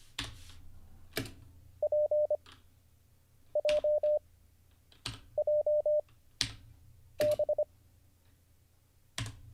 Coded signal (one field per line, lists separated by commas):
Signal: Morse code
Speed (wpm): 25 wpm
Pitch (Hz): 600 Hz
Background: none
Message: P J J B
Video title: How to Learn Morse Code (Day 39) [Livestream]